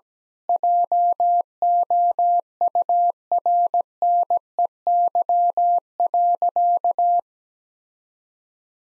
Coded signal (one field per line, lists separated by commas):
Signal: Morse code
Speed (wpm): 17 wpm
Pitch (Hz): 700 Hz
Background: none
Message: JOURNEY.